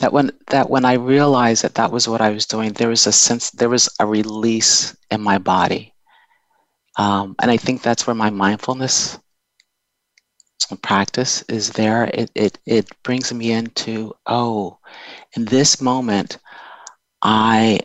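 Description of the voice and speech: An adult woman's speech broken by long silent mid-phrase pauses and stretched sounds, consistent with stuttering blocks; her stuttering takes the form of pauses.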